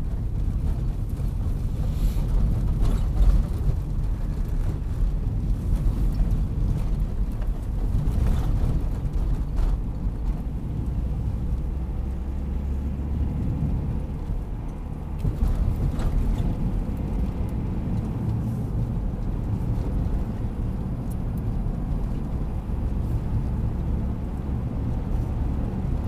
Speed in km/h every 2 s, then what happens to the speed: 33, 27, 26, 32, 38, 44, 49, 54, 59, 64, 65, 66, 68.
0-5 steady at about 27. 5-26 speeds up to 68.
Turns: 0-5.